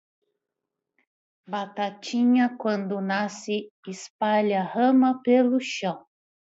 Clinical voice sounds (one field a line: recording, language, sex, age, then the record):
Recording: short text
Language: Brazilian Portuguese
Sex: male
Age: 50 to 59 years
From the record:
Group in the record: control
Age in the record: 54 years